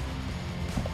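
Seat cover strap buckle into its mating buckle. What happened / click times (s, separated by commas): The strap buckle is handled but not yet clipped together / none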